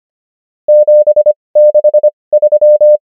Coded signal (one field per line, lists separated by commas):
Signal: Morse code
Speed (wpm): 25 wpm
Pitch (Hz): 600 Hz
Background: none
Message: 763